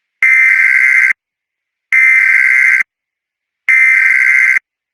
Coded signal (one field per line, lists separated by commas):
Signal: Emergency Alert System (SAME) tones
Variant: header bursts